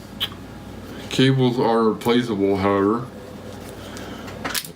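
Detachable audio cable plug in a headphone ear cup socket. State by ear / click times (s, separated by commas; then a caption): released / 4.6 s. Someone talks, then pulls a detachable audio cable plug out of its socket in the ear cup of 1More Triple Driver headphones; after a struggle, the plug comes free with a short, sharp sound at 4.6 s, and the cable is released.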